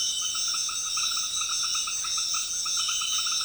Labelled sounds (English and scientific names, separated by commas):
none